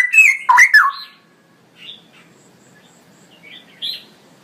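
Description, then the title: Straw-headed bulbul song, one brief loud gurgling phrase at the start, followed by near silence with a few faint high chirps. Male bird, singing constantly in a loud voice with long rolling phrases; recording meant for training other birds. "GILEEE Cucak ROWO Jantan GACOR Suara Lantang ROoo EL Panjang"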